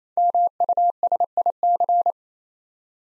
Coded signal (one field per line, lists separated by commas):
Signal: Morse code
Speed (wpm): 29 wpm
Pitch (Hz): 700 Hz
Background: none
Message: MUSIC